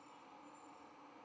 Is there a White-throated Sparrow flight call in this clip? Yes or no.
no